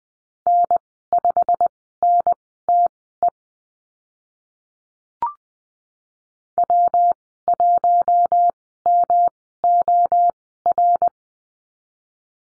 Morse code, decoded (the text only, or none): N5NTE W1MOR